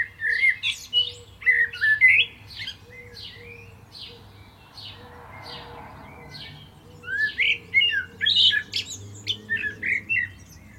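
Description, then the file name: Common blackbird singing: warbled whistles with scratchy high notes, a short series of quieter high squeaks, then another full warbling phrase; faint low steady tones behind. "Turdus merula"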